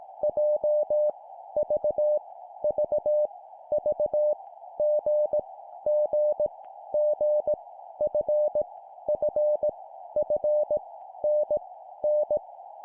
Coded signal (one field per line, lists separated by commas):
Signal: Morse code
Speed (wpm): 18 wpm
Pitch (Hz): 600 Hz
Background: none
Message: J V V V G G G F F F N N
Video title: 17wpm Repeat three times Random Letter, cw morse code